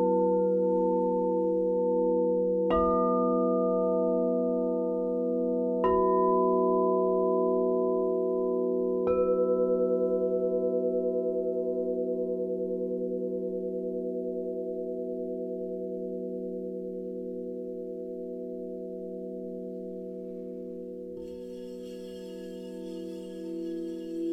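Singing bowls ring with a low, steady hum of overlapping tones that sustains throughout. Three struck notes land at about 3, 6 and 9 seconds, each adding a brighter ring that slowly fades. Near 21 seconds a soft rustle and a fresh strike appear.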